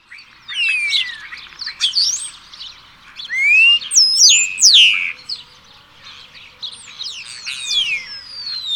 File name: Sturnus unicolor